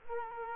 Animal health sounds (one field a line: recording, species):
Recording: mosquito wingbeat signal from an infrared sensor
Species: Culex quinquefasciatus